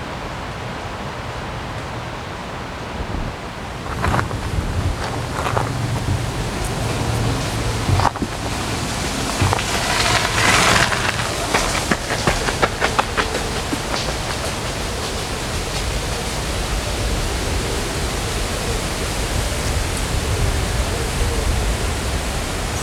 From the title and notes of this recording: Sounds along the river in Odense, Denmark. Tree branches are squeaking in the wind and recreational runners are passing.